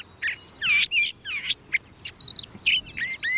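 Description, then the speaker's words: Long-billed thrasher singing a varied run of short, slurred, chirpy phrases in quick succession. Intricate musical phrasing sung from a thicket in South Texas. "In South Texas, the intricate musical phrasing of a long-billed thrasher rambles forth from a thicket."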